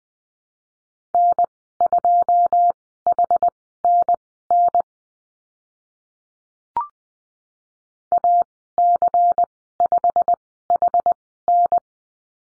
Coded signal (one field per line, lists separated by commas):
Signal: Morse code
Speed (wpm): 20 wpm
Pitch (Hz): 700 Hz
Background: none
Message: N2HNN AC5HN